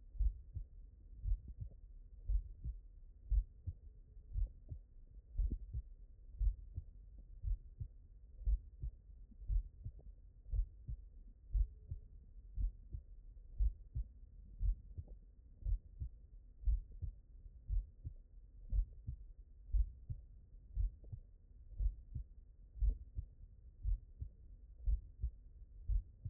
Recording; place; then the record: heart sounds by stethoscope; mitral valve (MV)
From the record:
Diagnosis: non-HFrEF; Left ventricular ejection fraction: 63%